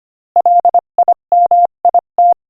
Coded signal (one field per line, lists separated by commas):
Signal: Morse code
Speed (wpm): 24 wpm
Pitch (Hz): 700 Hz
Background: none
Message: LIMIT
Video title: Morse Code Practice: 25 wpm Inspirational Quote 6